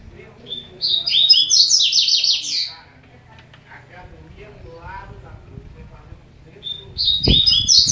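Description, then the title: Double-collared seedeater song, a rapid warbled phrase of high notes, repeated near the end, with a knock and faint low background noise. "Canto Coleiro"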